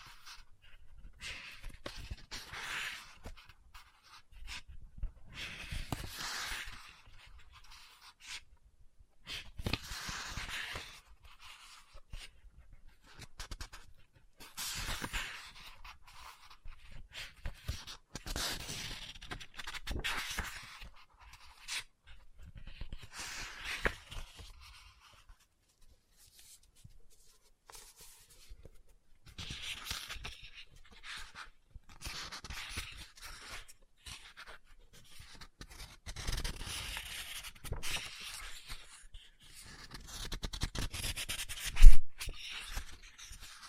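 Soft scratching and tapping on a book come in short bursts, separated by quiet gaps, with a sharper knock near forty-two seconds.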